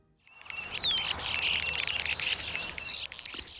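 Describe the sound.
Common starling calls: a dense jumble of high whistles, clicks and chatter, with a clear descending whistle early on.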